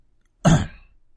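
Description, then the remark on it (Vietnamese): A man, a father, clears his throat gravely once, a short, gruff burst with a low rasp that fades quickly into silence. “Ông Thanh hắng giọng nghiêm trọng.”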